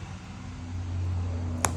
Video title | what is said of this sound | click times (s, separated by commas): iPhone 13 cracked glass only refurbishing how to open without breaking | can kind of hear it snap that snap it's kind of what you got to get | 1.7 s